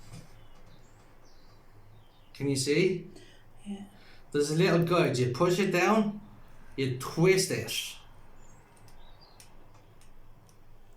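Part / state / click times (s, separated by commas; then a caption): needle on an insulin injector pen / seated / 9.4 s, 10.0 s, 10.5 s. A needle is pushed down onto an insulin injector pen and twisted until it locks into place. Someone talks, then small plastic clicks are heard at 9.4, 10.0 and 10.5 seconds as it seats.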